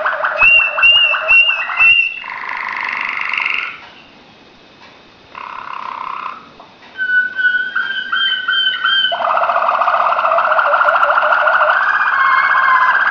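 Waterslager canary singing: clucking notes, then rolling water-like trills at varied pitches, broken by a short gap and ending in a long, steady low roll.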